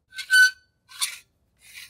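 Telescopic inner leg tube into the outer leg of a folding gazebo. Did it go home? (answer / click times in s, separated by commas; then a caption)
no / none. The telescopic inner leg tube of a folding gazebo is pulled out of the outer leg to lengthen it until the spring pin latches. Three short bursts of high-pitched sliding and rasping sound, with a squeaky tone in the first and loudest burst. Nothing has seated or clicked yet.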